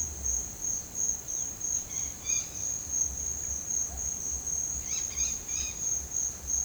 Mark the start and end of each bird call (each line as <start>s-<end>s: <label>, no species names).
1.82s-2.50s: bird call
4.78s-5.79s: bird call